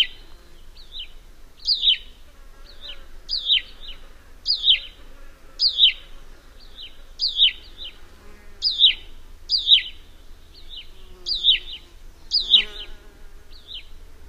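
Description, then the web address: Hutton's vireo song, a monotonous run of downslurred notes in quick pairs, repeated steadily, with faint background noise. "Songs of Birds of North America Know Your Bird Sounds. Huttons Vireo"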